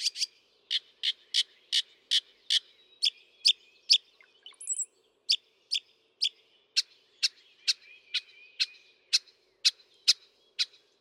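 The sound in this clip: Northern mockingbird song: sharp, dry clicking notes repeated steadily more than twice a second, a brief chattering break in the middle.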